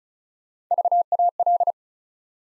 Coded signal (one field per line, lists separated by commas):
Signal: Morse code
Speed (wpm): 36 wpm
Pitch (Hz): 700 Hz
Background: none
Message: VAL